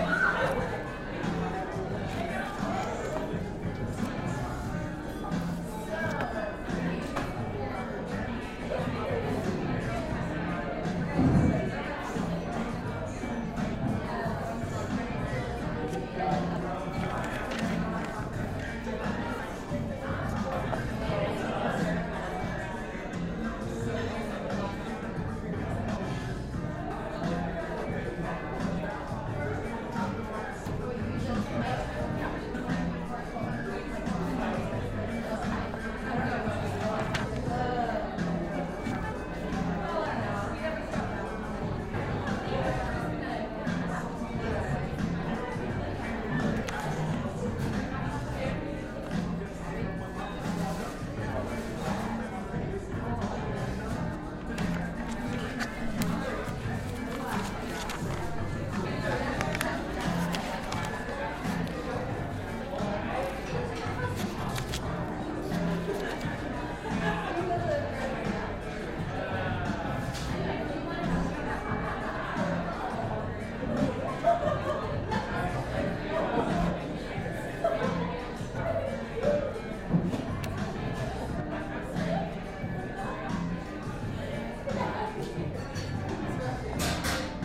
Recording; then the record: background sound without coughing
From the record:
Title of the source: 60 minutes of coffee shop sounds for study and concentration